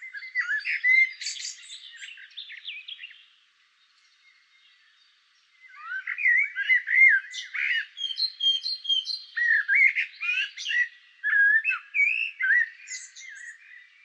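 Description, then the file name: Common blackbird song: a warbled phrase, a few seconds of silence, then a longer run of rich fluting notes with squeaky high ends. "Turdus merula"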